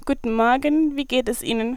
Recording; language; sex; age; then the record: spoken sentence; German; female; 20 to 29 years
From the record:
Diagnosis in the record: median neck cyst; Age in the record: 25 years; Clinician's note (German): Unauffälliger stroboskopischer Befund